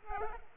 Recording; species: mosquito wingbeat signal from an infrared sensor; Culex pipiens